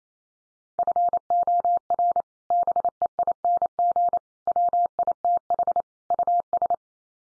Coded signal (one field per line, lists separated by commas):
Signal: Morse code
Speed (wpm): 28 wpm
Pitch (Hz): 700 Hz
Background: none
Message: FOR BEING WITH US